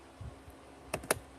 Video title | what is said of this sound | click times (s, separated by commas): Renegade Rigs - Builds and everything else! Live Stream | There we go. Click 1. | 0.9 s, 1.1 s